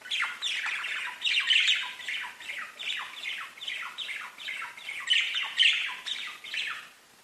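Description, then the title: Budgerigar warbling chatter, a nearly continuous stream of fast, scratchy chirps and downward squeaks. "Budgie Sounds"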